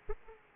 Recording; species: mosquito wingbeat signal from an infrared sensor; Aedes aegypti